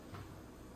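Plastic frame sections of a Halloween sewer-grate prop are handled and pushed toward the base section so they can snap-lock into place. A soft, low scuffing bump is heard around 0.1 to 0.2 seconds over quiet background noise. Nothing has seated or clicked yet.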